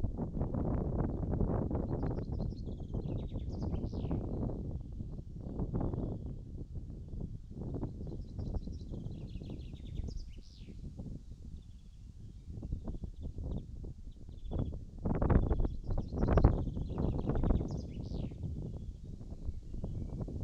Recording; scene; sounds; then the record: everyday scene through a hearing-aid microphone; wind on the microphone; wind, birds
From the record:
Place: in front of a rural house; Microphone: in the ear canal, right